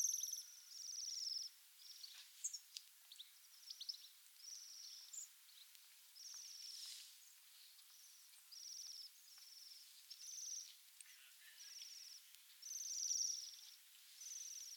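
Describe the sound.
Bohemian waxwing calls: short, high, buzzy trilled bursts, repeated many times over soft background hiss.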